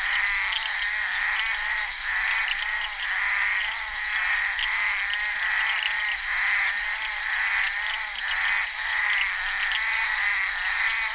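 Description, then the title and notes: Bullfrogs in chorus, many overlapping pulsed croaks in a mid-pitched band, with a steady high insect-like drone throughout. Recorded on the set of the film Bal poussière by Henri Duparc, February 1988. "crapaux buffle. enregistré sur le tournage Bal poussière dhenri duparc en février 1988"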